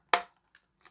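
An airsoft magazine is rocked fully home into the magazine well of a Tokyo Marui Saiga-12K GBBR shotgun. A loud, sharp snap at 0.1 s is the magazine catch lever knocking back into place, followed by two faint ticks near 0.6 s and 0.9 s. The magazine is seated and locked.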